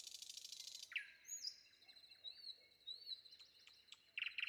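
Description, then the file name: Common nightingale song: a buzzy trill ending, then soft rising whistles and a few sharp notes, with other birds singing. Sung before dawn. "predawn nightingale"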